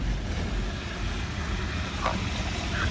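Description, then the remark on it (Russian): A steady wash of road traffic noise from cars driving all around, with a low rumble throughout, holding an even level for a few seconds, with a couple of brief higher tones near the end. “Только вам надо чуть-чуть громче говорить, потому что тут машины везде ездят.”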